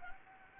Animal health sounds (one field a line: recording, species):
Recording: mosquito wingbeat signal from an infrared sensor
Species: Anopheles gambiae